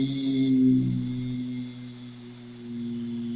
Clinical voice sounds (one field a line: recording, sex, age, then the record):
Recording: sustained vowel /i/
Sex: male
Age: 60 to 69 years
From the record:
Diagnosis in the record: healthy control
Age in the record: 63 years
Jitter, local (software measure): 1.25%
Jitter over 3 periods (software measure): 0.79%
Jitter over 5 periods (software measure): 0.63%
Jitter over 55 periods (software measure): 0.84%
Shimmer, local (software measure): 8.4%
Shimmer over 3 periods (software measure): 4.6%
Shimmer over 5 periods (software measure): 4.8%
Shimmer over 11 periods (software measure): 6.7%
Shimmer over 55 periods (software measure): 13.0%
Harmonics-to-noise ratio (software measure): 17.2 dB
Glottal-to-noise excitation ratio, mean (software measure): 0.85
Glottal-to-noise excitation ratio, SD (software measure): 0.031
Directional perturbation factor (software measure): 76.9%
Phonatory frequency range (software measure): 0.28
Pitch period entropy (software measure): 2.31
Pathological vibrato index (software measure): 0.62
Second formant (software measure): 1964 Hz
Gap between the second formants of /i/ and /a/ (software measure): 601 Hz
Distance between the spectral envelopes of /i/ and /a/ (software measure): 11.1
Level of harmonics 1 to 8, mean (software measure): -22.7, -15.3, -33.2, -51.7, -55.1, -60.1, -60.7, -63.4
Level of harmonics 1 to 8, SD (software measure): 6.6, 7.6, 6.8, 7.3, 7.3, 5.7, 6.0, 5.6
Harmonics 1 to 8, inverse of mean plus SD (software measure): 0.034, 0.044, 0.025, 0.017, 0.016, 0.015, 0.015, 0.014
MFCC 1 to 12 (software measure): -3.6, 15.1, 2.2, 0.4, -10.8, -6.4, -16.7, -2.9, -6.5, -0.2, 3.5, -1.5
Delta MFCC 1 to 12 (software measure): -0.004, -0.005, 0.003, 0.029, 0.030, -0.046, 0.028, -0.039, 0.012, -0.011, -0.004, 0.011